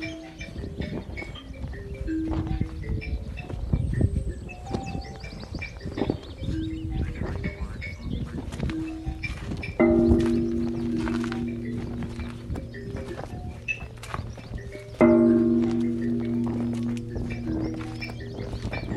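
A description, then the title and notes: A recording from the bay of Camas Tuath on the Isle of Mull, filled with a busy, irregular clatter of knocks and taps, some like hooves. Short pitched notes come and go, and at about 10 and 15 seconds a loud, steady low tone starts and holds. Recordings he made in the bay of Camas Tuath on the Isle of Mull, Scotland.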